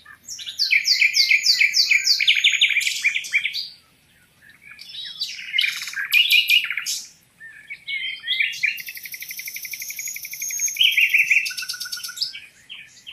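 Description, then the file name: Common nightingale song in several phrases separated by short pauses, mixing repeated descending chirps, rich warbles and a fast buzzy trill of repeated notes. "Luscinia megarhynchos"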